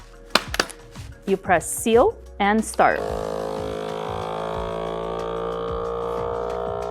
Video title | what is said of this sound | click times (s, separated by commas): Vacuum Sealer 101: Use & Clean in Minutes | And when you close the machine, make sure you close it tight and you will hear 2 clicks on each side. | 0.4 s, 0.5 s, 0.6 s